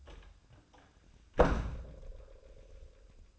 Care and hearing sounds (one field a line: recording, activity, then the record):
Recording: daily activity, microphone in the room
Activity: close door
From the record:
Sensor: 2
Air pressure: 1004.8 hPa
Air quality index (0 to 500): 73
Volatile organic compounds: 1 ppm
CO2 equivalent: 869 ppm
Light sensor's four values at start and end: 7/16/6/7 and 7/16/6/7